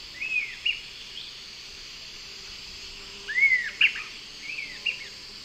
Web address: Natures Songs S America Eastern Lowlands. Sirystes sibilator, call and song 2 birds